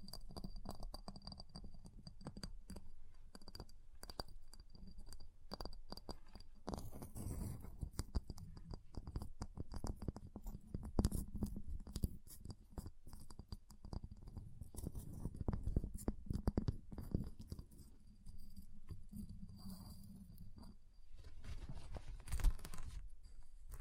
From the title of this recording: Ice Tapping, Scratching, Carving Sounds